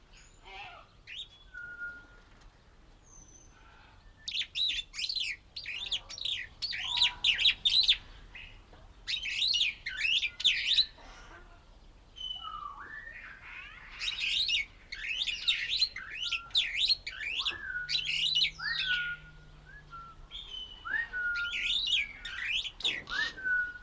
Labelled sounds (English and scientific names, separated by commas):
Superb Starling (Lamprotornis superbus)